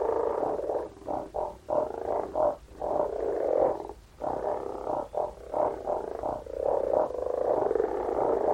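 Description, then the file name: Frogs croaking in a dense chorus, rough pulsed calls overlapping almost continuously with a few brief pauses. "Frogs - Frog voises"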